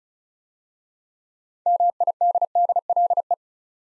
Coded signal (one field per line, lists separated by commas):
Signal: Morse code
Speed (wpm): 36 wpm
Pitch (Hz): 700 Hz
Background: none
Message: MIDDLE